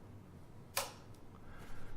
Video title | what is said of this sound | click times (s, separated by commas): qrcb usage aus 2018 control box | that locks in place and | 0.8 s